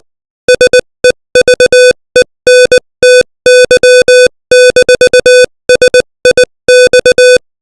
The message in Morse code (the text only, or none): SEVENTY-SIX